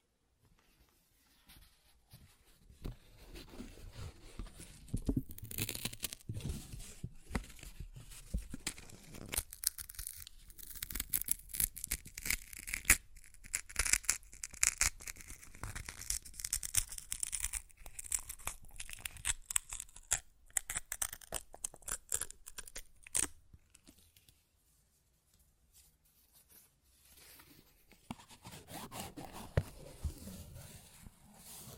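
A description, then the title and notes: Paper is ripped and torn in a long run of dry, crackling bursts, dense and irregular from about 3 to 23 seconds. The sound thins to near silence around 24 to 27 seconds, then brief tearing returns toward the end. ASMR Paper Ripping Tearing Sounds (No Talking).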